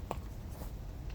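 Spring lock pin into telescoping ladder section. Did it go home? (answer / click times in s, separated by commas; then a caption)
no / none. Someone handles the spring-loaded locking pin on the telescoping metal ladder of a Smittybilt rooftop tent, pulled out of its hole in the ladder section. A brief sharp tick near 0.1 s stands out over low, steady handling noise. Nothing has seated or clicked yet.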